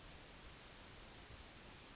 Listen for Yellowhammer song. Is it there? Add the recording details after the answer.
yes. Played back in forest. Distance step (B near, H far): E. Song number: 015